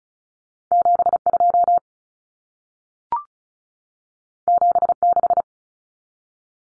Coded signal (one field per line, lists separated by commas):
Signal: Morse code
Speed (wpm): 36 wpm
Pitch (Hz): 700 Hz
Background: none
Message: 72 76